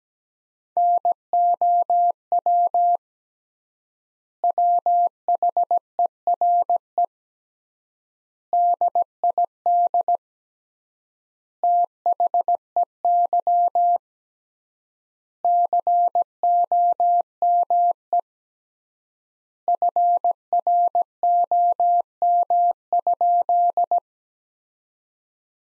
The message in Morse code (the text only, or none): NOW WHERE DID THEY COME FROM?